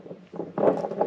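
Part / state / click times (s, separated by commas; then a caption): crimped terminal into quick-disconnect connector housing / not seated / none. A crimped terminal for a winch wiring quick disconnect is slid into a plastic connector housing, bump side up, toward the shelf inside that its tooth catches on. Soft scraping and rubbing handling noise grows louder from about 0.6 s, with a brief sharp tap at 1.0 s. Nothing has seated or clicked yet.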